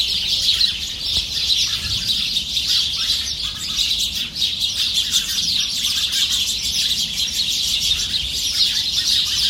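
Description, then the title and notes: Starlings in steady group chatter, many overlapping high chirps and squeaks forming an unbroken babble throughout. Flock in a shrub bed at 9 Rue Pascal Tavernier, Saint-Étienne, France; recorded on an iPhone SE, normalised in Audacity. "9 Rue Pascal Tavernier, 42000 Saint-Étienne, France - starling & cat. étourneaux (starling) dans un massif puis arrivée d'un chat"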